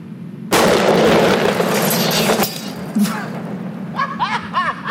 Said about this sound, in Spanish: Por eso, le voy a disparar a una lata de coque y lo vamos a grabar a cámara súper lenta.